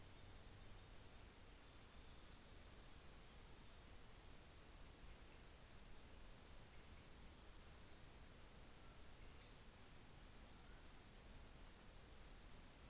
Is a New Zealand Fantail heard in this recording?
no